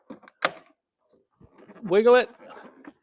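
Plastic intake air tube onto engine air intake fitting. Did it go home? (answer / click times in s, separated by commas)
no / none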